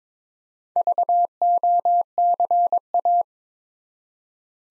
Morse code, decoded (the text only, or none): VOCA